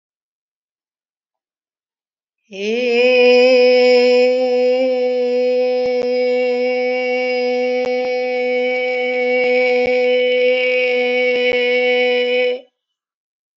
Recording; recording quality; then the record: sustained vowel as in made; moderate, slight background noise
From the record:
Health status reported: healthy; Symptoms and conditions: diabetes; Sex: female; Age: 64 years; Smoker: not ticked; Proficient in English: yes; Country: India